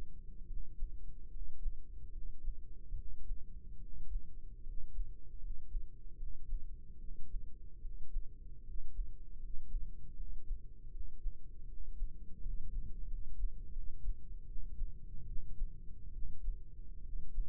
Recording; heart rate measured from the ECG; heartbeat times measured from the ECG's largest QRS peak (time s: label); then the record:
heart sounds by microphone in the right ear; 76 bpm
0.45 s: heartbeat
1.28 s: heartbeat
2.10 s: heartbeat
2.94 s: heartbeat
3.78 s: heartbeat
4.61 s: heartbeat
5.38 s: heartbeat
6.15 s: heartbeat
6.97 s: heartbeat
7.79 s: heartbeat
8.62 s: heartbeat
9.37 s: heartbeat
10.14 s: heartbeat
10.89 s: heartbeat
11.65 s: heartbeat
12.40 s: heartbeat
13.06 s: heartbeat
13.71 s: heartbeat
14.45 s: heartbeat
15.25 s: heartbeat
16.11 s: heartbeat
17.01 s: heartbeat
From the record:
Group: healthy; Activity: rest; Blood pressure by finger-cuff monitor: 110/69 mmHg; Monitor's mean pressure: 79 mmHg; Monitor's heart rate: 74 bpm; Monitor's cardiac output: 5.2 L/min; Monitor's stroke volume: 69 mL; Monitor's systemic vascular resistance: 1110 dyn s/cm5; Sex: male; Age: 20 years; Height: 167 cm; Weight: 61 kg